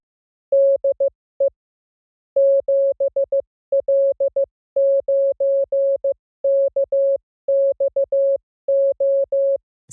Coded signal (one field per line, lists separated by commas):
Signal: Morse code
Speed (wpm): 15 wpm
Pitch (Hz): 550 Hz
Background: music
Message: DE 7L9KXO